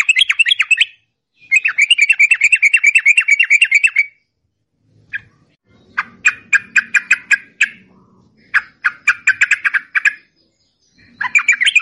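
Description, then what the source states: Yellow-vented bulbul song: bursts of fast bubbly chattering notes, some rapid trills, broken by short pauses, with faint low rumbling in the middle. Masteran (training) song in the long ropel panjang trill style.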